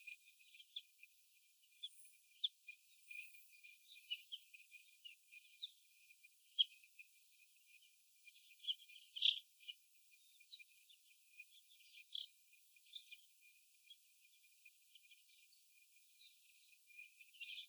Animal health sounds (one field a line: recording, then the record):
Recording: young laying hens in a cage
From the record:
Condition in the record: before the stressor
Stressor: sudden umbrella opening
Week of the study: 2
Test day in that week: 1